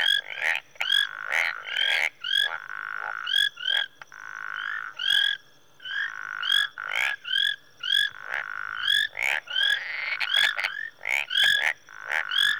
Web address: Sound Effects Library-30 (Africa- The Natural World) 08 Rwanda- Marsh Tree Frogs, early evening